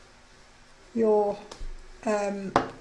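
The two halves of a plastic snap fastener sit in the press cups through the fabric of a hoop holder, ready to be squeezed together with snap pliers. Someone talks over the handling, with brief sharp taps around 1.5 s and 2.6 s. Nothing has seated or clicked yet.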